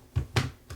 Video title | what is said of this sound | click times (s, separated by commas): Bluetooth iPad Case 2-Skinny HatchnCo Keyboard Case: Awesome Case iPad 2 /3/ Gen | sort of tilt it and then just sort of snap it right down in there and you you'll hear it snap and whenever | 0.4 s